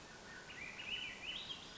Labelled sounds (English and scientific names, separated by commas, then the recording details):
Swainson's Thrush (Catharus ustulatus)
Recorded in Sonoma County, California